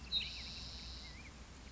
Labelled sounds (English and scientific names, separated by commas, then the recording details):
Spotted Towhee (Pipilo maculatus)
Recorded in Sonoma County, California